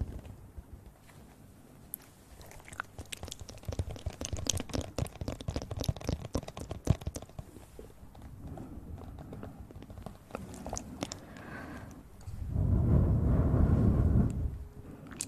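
Mouth sounds: a dense run of sharp clicks, smacks and wet snaps, fast and irregular, crowding most thickly between about two and seven seconds. Later the clicks thin out, and near twelve seconds a low, louder rumbling hum holds for a couple of seconds before fading.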